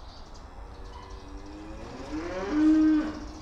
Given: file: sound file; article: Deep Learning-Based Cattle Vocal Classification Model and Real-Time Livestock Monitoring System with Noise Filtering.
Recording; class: cattle; food anticipating call